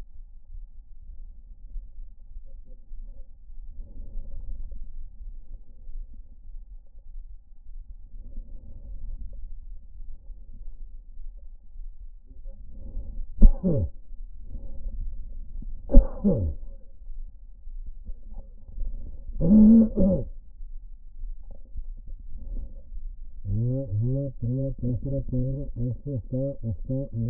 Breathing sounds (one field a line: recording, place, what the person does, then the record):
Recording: lung sounds by stethoscope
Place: left anterior apical chest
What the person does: quiet breathing, then cough and speech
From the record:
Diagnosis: pulmonary infection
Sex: male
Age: 54 years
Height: 187 cm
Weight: 95 kg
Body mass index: 27.2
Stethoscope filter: diaphragm mode